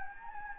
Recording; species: mosquito wingbeat signal from an infrared sensor; Anopheles gambiae